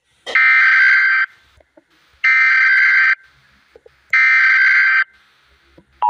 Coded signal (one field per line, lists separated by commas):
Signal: Emergency Alert System (SAME) tones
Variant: header bursts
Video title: rating eas alarms part 1 read description